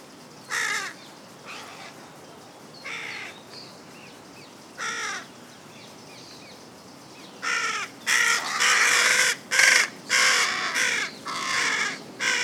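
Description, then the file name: Carrion crow cawing: a few spaced harsh caws at first, then a faster, louder run of grating caws toward the end. "Corvus corone"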